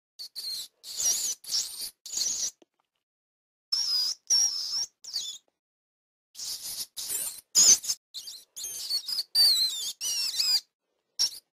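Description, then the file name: Rat squeaks, high-pitched and tonal, in short bursts with wavering and falling notes, separated by brief silent gaps over about eleven seconds. "patkány"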